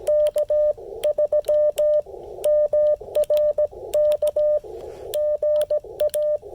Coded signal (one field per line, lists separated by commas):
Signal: Morse code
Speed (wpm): 17 wpm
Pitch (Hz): 600 Hz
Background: radio noise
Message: K3MRK GA